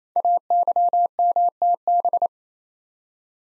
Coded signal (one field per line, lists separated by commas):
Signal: Morse code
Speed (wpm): 27 wpm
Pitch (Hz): 700 Hz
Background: none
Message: AYMTB